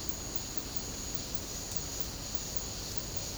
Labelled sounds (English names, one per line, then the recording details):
none
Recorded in dense forest near Puerto Asís, Putumayo, Colombia, on 19 February 2024 at 10:30
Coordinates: 0.503, -76.322
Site G6418